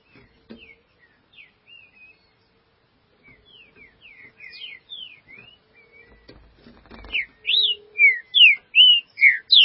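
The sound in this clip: Green-winged saltator song starting faint and scattered, then a strong series of quick slurred whistles in the last seconds; brief rustling noise in the middle.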